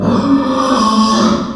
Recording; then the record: squeal of a Yucatan mini pig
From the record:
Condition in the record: after surgery on the right vocal fold (resection and tissue-engineered implant); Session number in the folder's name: 16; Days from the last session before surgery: 183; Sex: female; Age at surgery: 19 weeks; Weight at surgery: 25 kg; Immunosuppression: prednisolone